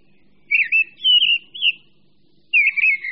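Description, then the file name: Mistle thrush song: clear whistled, slurred phrases, a rich burst of several notes, a brief gap, then another warbled phrase. "Drozd-brávník"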